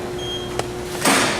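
After a rack is loaded, the processing chamber door of a cleaning/drying machine is closed and its locking latch clicks locked at 0.6 s with a short, sharp snap. At about 1.1 s a broadband rushing noise rises and holds to the end, over a steady low hum throughout.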